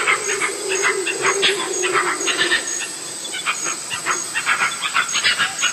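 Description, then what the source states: Monkey chatter: busy, harsh, repeated calls in quick bursts throughout, over a steady high hiss and a low droning tone. Ringtone sound titled jungle monkey.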